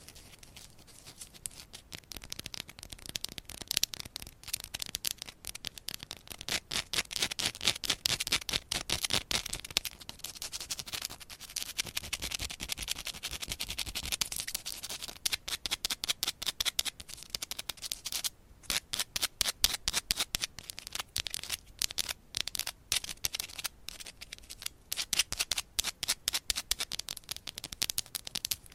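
Scratching and tapping go on without a break for the whole half minute, a dense run of quick, crisp, bright clicks and scrapes. The rhythm is fast and uneven, with brief clusters and short gaps, and the level stays fairly steady throughout.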